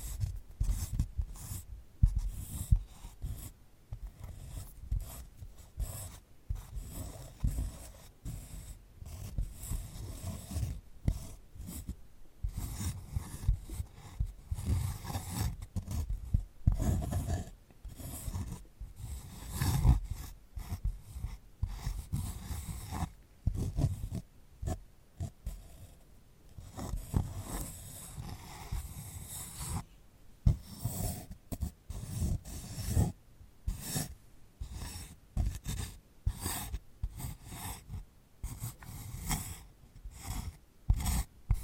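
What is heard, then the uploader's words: Scratchy rustling and crackling as a sunflower head is handled, with dense irregular bursts, soft low thumps and sharp clicks throughout. ASMR of a Sunflower Head (No Talking).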